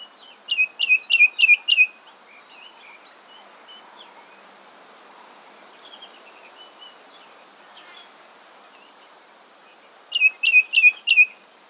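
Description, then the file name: Ashy tit utters a fast burst of sharp descending notes, then soft twittering, and another short burst of the same notes near the end. "Golosa ptic - Pepelnaya sinica Melaniparus cinerascens"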